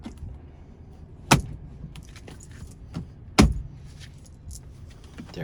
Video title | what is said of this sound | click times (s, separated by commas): BMW E46 Steering wheel swap - 325ci, 330ci, M3 Steering wheel upgrade | there we have it it's snapped in place and everything | 1.3 s, 3.4 s